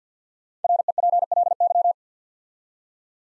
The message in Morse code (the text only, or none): REPLY